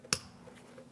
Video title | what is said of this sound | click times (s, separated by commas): How to Replace Rear Power Window Motor & Regulator Assemblies 2001-2006 Chevrolet Silverado 2500 HD | Install the connector. Push until you hear a click. | 0.1 s